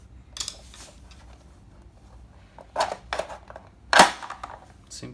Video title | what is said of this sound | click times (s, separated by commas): LG Top Load Washer pulsator replacement in Telugu | lock అయిపోయింది. | 3.9 s